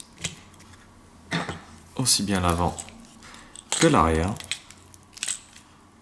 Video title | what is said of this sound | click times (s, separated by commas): TBS Vendetta review (Unboxing, Built, Maiden) | Alors les bras, eh bien, ils se clipsent. | 5.2 s